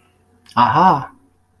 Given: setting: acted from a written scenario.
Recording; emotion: vocal sound without words; amusement